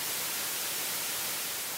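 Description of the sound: Steady, broadband simulated white noise from a tinnitus matching device. It matches a white noise style of tinnitus at 8 kilohertz, which is quite a high frequency.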